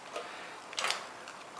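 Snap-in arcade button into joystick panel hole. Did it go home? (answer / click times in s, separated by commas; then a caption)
yes / 0.8 s, 0.9 s. Snap-in plastic arcade buttons are pushed back into the holes of the top panel of a Hori Real Arcade Pro 3 joystick. A button snaps into its panel hole with sharp clicks at 0.8 s and 0.9 s, seating it, against faint background noise.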